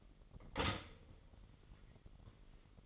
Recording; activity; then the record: daily activity, microphone in the room; stop toaster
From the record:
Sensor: 4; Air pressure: 1002.9 hPa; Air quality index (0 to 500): 241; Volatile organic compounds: 18 ppm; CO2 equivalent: 2616 ppm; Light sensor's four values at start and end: 19/66/25/24 and 22/75/28/28